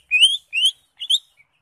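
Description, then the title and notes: Greater Green Leafbird call: two rising whistled notes followed by a shorter pair, brief and clear. Recording intended as a master for training caged birds. "Suara Burung Cucak Ijo. mantap buat masteran burung cak ijo"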